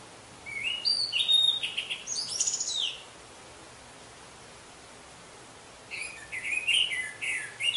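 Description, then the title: Orange-headed thrush song, two bursts of varied high twittering and slurred whistles separated by a pause of about three seconds. "Anis Merah"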